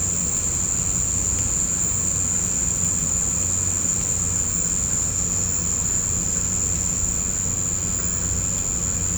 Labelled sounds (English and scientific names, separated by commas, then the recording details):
none
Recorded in pastures near Puerto Asís, Putumayo, Colombia, on 16 December 2024 at 18:00
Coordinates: 0.505, -76.324
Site G063